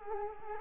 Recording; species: mosquito wingbeat signal from an infrared sensor; Culex quinquefasciatus